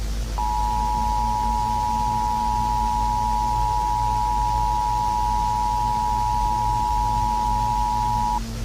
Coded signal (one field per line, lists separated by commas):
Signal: Emergency Alert System (SAME) tones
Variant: 853 and 960 Hz attention tone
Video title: EAS Scenario - C-PRIT (Part 1)